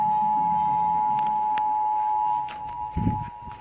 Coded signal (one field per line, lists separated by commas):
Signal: Emergency Alert System (SAME) tones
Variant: 853 and 960 Hz attention tone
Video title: EAS Test 9/27/2017 KNKR-LP, Hawi, Hawaii